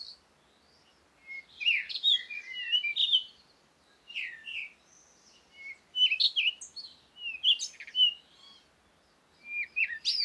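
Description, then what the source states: Birds calling in clusters of sharp, high chirps and short slurred whistles, each cluster followed by a short quiet gap. Recorded at Komati, Africa, in the morning with wind; birds close.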